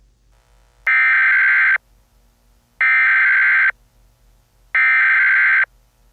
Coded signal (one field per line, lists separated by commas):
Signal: Emergency Alert System (SAME) tones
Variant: header bursts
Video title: EAS Scenario #61: System Failure